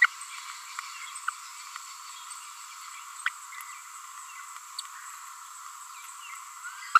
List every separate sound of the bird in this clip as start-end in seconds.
0.01-0.06, 3.26-3.29, 6.95-6.99